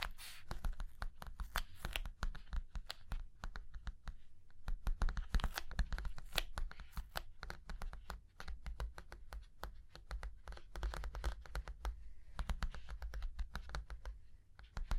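Fingers tap and scratch across a surface in a dense, continuous patter of sharp clicks, like quick typing. The taps come in uneven bursts throughout, with a faint low rumble underneath and a slight dip in activity near the end.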